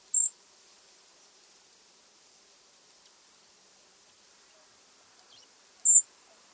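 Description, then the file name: European robin calls: two very high, thin, brief notes about six seconds apart, with near silence between them. "Erithacus rubecula"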